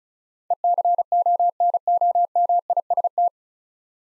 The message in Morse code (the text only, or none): ECONOMIST